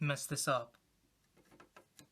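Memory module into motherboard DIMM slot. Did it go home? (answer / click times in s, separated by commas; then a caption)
yes / 2.0 s. Someone talks briefly, then a RAM memory module is pressed down into a motherboard DIMM slot for dual channel. After faint ticks at about 1.6 and 1.8 seconds, the retention latch gives a short sharp click at 2.0 seconds, and the module is seated.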